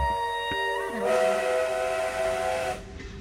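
A train rolls along the rails with a steady rumbling roar, overlaid by sustained, harmonic whistle-like tones that swell midway and then fade near the end. No voices.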